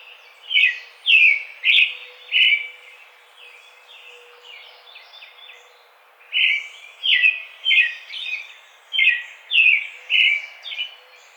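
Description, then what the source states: American robin singing short, rich caroling phrases, four in a quick run, a soft pause, then several more. Recorded 4 May 2009.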